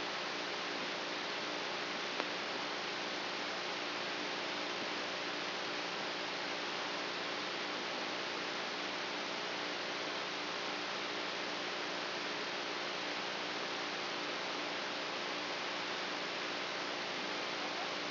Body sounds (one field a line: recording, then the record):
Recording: brain microelectrode recording played as sound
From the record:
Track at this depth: inside the subthalamic nucleus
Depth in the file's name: 2.205 mm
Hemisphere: right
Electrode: 3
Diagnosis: Parkinson's disease